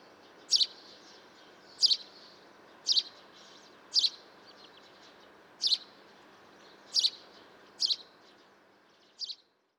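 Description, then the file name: House sparrow chirping, eight sharp notes spaced roughly one to one and a half seconds apart, steady and repetitive over faint hiss. "Passer domesticus"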